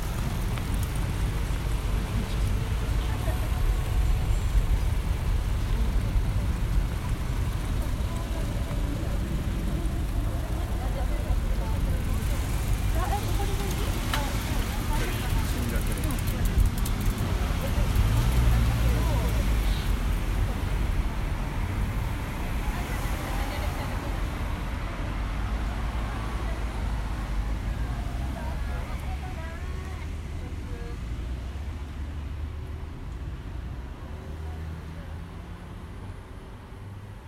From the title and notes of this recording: Tokyo Olympic Stadium (Day Opening). Field-recorded at Tokyo Olympic Stadium, Shinjuku. An arranged ambient track by kaolu_euphony from the sound materials field-recorded at several places in Tokyo.